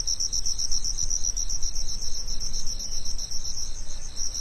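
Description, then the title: Cricket chirping in a steady, fast pulsed trill that runs unbroken throughout, over a low continuous rumble. Recorded on a summer afternoon. "夏日午后的蟋蟀"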